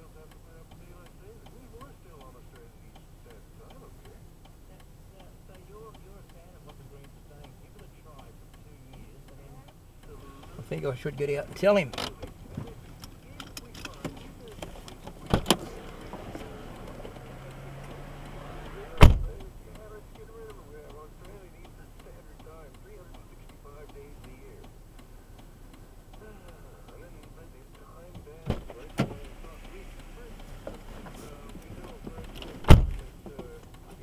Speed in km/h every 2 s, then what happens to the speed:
0, 0, 0, 0, 0, 0, 0, 0, 0, 0, 0, 0, 0, 0, 0, 0, 0.
0-34 standing.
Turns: none.